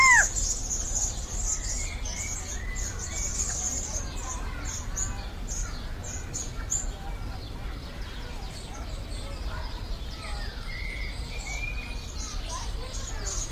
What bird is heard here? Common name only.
California Quail